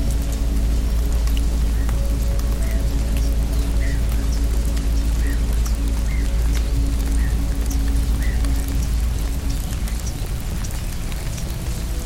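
A rainstorm pours down without letup, a dense, even wash of hiss spread across highs and lows with a heavy rumble underneath. Faint steady hums run through it, and small chirping sounds come every second or so throughout.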